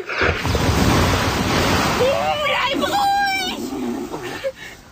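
The hippo Sissi, in the Honolulu lake, blasts up a huge fountain of water with a loud rushing, hissing spray, then a high wavering shriek rises over the fading splash.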